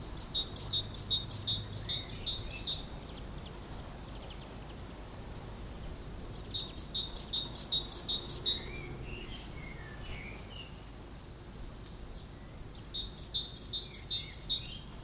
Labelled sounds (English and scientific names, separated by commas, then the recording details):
Great Tit (Parus major)
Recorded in the wild
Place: Lübars, Berlin, DE
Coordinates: 52.6167, 13.35
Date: 2004-04-04 13:49
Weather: overcast, 14°C
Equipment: Fair Mate ST-1328 (Asahi Electronics, Japan), Sennheiser ME 80, Kopie Uher 4000 Report Monitor
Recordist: Tembrock, Günter